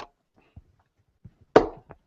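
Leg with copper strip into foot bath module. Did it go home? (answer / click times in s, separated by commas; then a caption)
yes / 1.6 s. A leg with a copper strip is pressed down into an Aqua Chi foot bath module, with a few faint taps before a sharp, loud click at 1.6 s. The click shows the leg is seated properly in the module, and a short softer tap follows just after.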